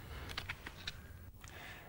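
A clip-on battery pack is unclipped from the back of a 1993 mobile phone, and it comes off as easily as it slides in. Several short plastic clicks sound between 0.3 and 0.9 seconds, with the release click at 0.4 seconds, over a low background hum. The battery is released.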